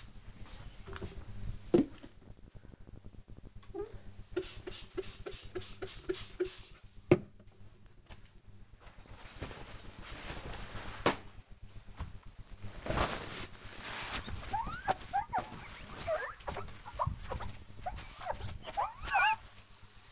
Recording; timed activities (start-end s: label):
household activities, microphone on the right wrist
2.67-20.12 s: window cleaning